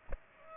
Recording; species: mosquito wingbeat signal from an infrared sensor; Aedes aegypti